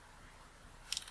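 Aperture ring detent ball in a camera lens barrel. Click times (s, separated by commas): 0.9 s, 1.0 s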